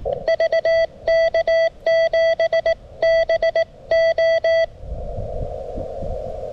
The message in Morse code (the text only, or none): VK7BO